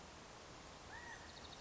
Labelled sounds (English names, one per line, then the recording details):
California Quail
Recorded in Sonoma County, California